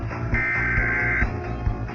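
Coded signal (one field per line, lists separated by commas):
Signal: Emergency Alert System (SAME) tones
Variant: header bursts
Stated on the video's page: Shows Emergency Broadcast System test attention tone and EAS alerts for a severe weather warning and an Emergency Action Notification.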